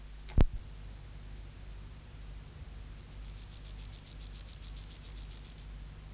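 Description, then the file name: Meadow grasshopper song: a single sharp click early, then a burst of rapid, evenly spaced high scratchy pulses lasting about two and a half seconds, against low background hum. "Chorthippus parallelus"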